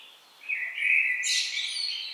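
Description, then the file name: Common blackbird giving a single short song phrase: a low fluted warble sliding into a higher, squeaky twittering flourish. "Turdus merula"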